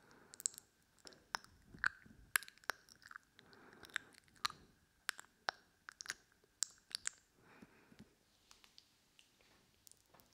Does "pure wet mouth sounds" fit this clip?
yes